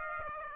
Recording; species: mosquito wingbeat signal from an infrared sensor; Aedes aegypti